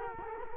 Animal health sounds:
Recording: mosquito wingbeat signal from an infrared sensor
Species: Culex quinquefasciatus

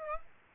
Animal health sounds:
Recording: mosquito wingbeat signal from an infrared sensor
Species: Aedes aegypti

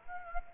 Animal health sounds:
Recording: mosquito wingbeat signal from an infrared sensor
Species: Aedes aegypti

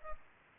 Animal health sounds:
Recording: mosquito wingbeat signal from an infrared sensor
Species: Culex pipiens

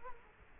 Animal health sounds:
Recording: mosquito wingbeat signal from an infrared sensor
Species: Culex quinquefasciatus

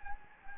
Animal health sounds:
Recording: mosquito wingbeat signal from an infrared sensor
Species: Anopheles gambiae

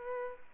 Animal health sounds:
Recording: mosquito wingbeat signal from an infrared sensor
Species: Aedes aegypti

